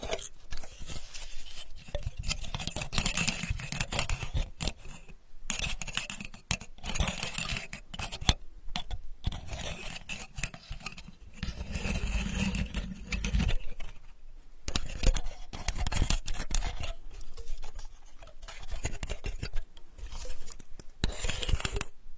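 Sandalwood being tapped and worked, with dense, rapid scraping and rasping strokes running almost continuously across the clip. The texture is gritty and bright, broken by brief pauses near 5, 8, 11 and 14 seconds, with a low rumble underneath during the busier stretches.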